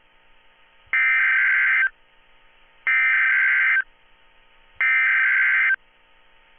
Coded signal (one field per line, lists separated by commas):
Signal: Emergency Alert System (SAME) tones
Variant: header bursts